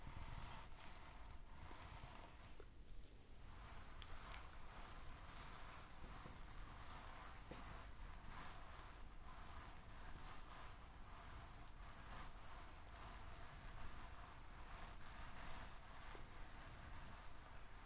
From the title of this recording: SCALP MASSAGE HAIR BRUSHING UNINTELLIGIBLE WHISPERS